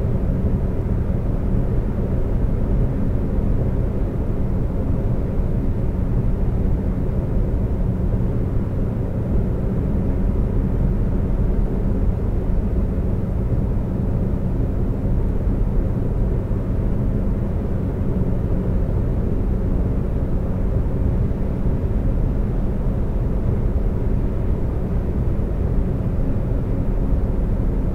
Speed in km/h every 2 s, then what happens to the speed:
130, 130, 130, 130, 130, 130, 130, 130, 130, 130, 130, 130, 129, 129.
0-28 steady at about 130.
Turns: none.